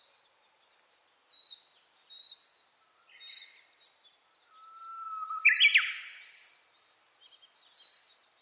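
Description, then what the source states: Japanese bush warbler song: a long, steady low whistle that swells, then a sharp, loud flourish. Other birds twitter with thin, higher notes throughout. Recorded 29 April 2001.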